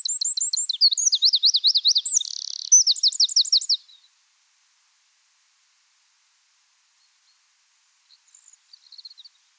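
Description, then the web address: Eurasian wren singing fast, high trills and a dry buzzing rattle for about four seconds, then near silence with a few faint high notes at the end. "SETE Troglodytes troglodytes"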